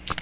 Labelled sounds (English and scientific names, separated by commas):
Magnolia Warbler (Setophaga magnolia) flight call